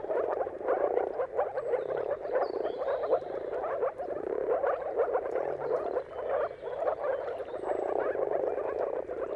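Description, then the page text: Moor frog mating chorus, an unbroken, pulsing mass of low bubbling calls rising and falling in loudness, with nothing else prominent. Chorus of moor frogs giving mating calls at sunrise, at the turn of March and April, timing depending on the weather; described as a dawn chorus spectacle. "Dawn’s Chorus: Mating Calls of Marsh Frogs at Sunrise. Depending on the weather at the turn of March and April, you can witness an amazing spectacle of moor frogs. Jakub Orzecki. earth.fm"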